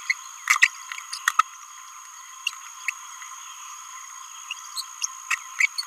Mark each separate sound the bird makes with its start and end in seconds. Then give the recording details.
0.10-0.13, 0.49-0.60, 0.62-0.67, 2.89-2.90, 4.51-4.53, 4.77-4.84, 5.02-5.06, 5.31-5.35, 5.59-5.66, 5.78-5.84. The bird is a male. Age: 29 days. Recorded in a nest box in Venezuela. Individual 17B31A1